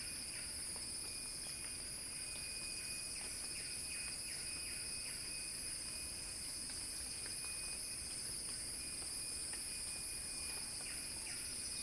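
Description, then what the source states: Cicadas drone without pause in a shrill, metallic high buzz, while faint repeated downward chirps sound softly below. Cicadas singing in a crescendo.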